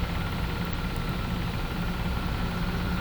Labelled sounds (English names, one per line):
none